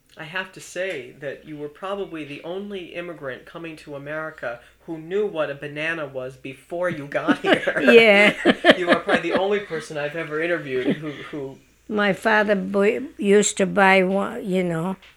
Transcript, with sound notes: I have to say that you were probably the only immigrant coming to America who knew what a banana was before you got here. ( they laugh )
Yeah.
You are probably the only person I've ever interviewed who...
My father used to buy one, you know,